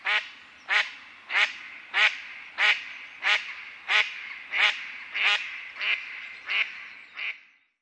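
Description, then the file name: Mallard quacking in a steady series of about twelve loud, rasping quacks, roughly every 0.65 seconds, fading slightly toward the end. "Canard colvert"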